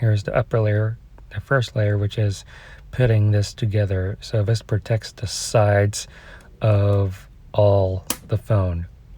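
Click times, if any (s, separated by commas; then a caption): none. Someone talks while handling the outer layer of a three-layer hybrid rugged case for a Samsung Galaxy A12, fitting it over the case's hard plastic back cover. Nothing has seated or snapped into place yet; the clip ends before the layers click together.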